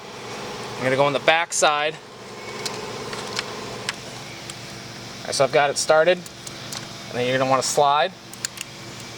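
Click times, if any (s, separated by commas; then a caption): 8.4 s. A plastic tuning box harness plug is slid onto the stock engine wiring connector on a Mini Cooper F56 and clicks into place at 8.4 s. Someone talks over a low steady hum, with small handling taps and clicks during the fitting.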